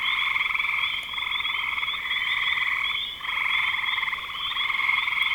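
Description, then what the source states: Frogs in full chorus: fast pulsed croaks merge into a continuous shrill buzz, with one short dip just after three seconds. Recorded in spring 2025.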